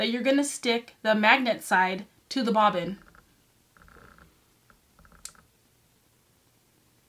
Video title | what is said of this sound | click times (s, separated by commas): Top 10 Embroidery Supplies - Essential Multi-needle Embroidery Supplies | did you hear that click it just fit in there so seamlessly | 5.3 s